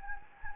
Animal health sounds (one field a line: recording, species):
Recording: mosquito wingbeat signal from an infrared sensor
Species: Anopheles gambiae